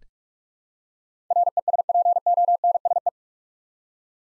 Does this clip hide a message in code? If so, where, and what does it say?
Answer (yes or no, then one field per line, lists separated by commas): yes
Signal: Morse code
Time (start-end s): 1.3-3.1 s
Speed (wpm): 44 wpm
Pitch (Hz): 700 Hz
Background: none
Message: RESPONSE